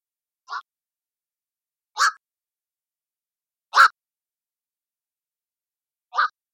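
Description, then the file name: Black-crowned night heron calls: four short, harsh, barking squawks spaced irregularly, with silence between them. "Blackcrowned Nightheron-ASU-Ask ABiologist"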